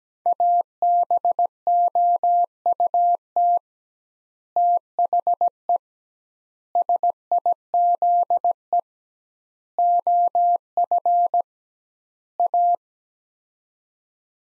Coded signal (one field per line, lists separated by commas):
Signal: Morse code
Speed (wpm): 17 wpm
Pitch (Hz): 700 Hz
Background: none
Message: ABOUT THE SIZE OF A